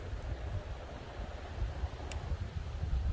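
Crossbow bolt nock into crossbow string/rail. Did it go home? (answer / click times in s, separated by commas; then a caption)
no / none. A crossbow bolt is handled on a Barnett Stalker 380 crossbow, loaded with its odd-colored fletching down to go back into the string and retention area. Steady low, wind-like rumble runs throughout, with one brief sharp tick at about 2.1 s. The nock has not yet clicked or seated into the string.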